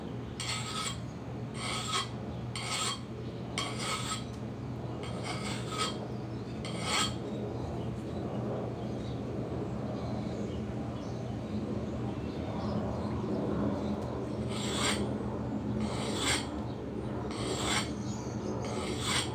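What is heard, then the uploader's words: A backyard morning with a steady low hum and a dull neighborhood rumble underneath. Harsh, raspy chirps repeat about once a second during the first seven seconds, pause, then return near the end, bright against the droning background. Sunday morning mist in my backyard in Phoenix Arizona. There’s a gentle hum from our heat pump that stays on throughout the session that is an excellent brownian-type noise. The neighborhood sounds, the birds chirping.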